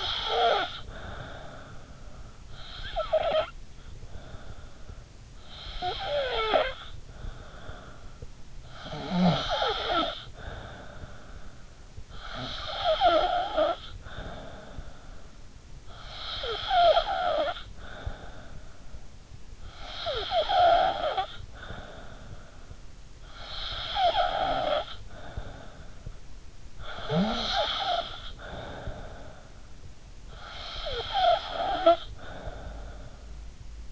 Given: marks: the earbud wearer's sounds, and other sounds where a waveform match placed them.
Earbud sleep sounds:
sounds in sleep by an in-ear microphone; snoring breath
0.00-33.92 s: snoring breath

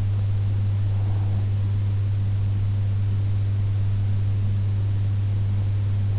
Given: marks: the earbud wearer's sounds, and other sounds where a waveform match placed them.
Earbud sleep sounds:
sounds in sleep by an in-ear microphone; breath
0.24-2.24 s: breath

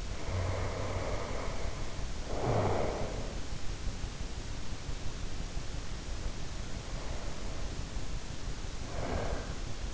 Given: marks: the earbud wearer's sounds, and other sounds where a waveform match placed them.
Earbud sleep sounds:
sounds in sleep by an in-ear microphone; breath
0.00-3.54 s: breath
6.14-9.62 s: breath

